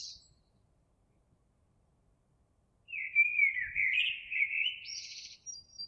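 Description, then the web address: Eurasian blackbird delivering a fluty warbled phrase that ends in a high scratchy twitter, after a brief high note and a few seconds of quiet. Recorded 26 April 2022. "oiseaux Merle 2022 04 26"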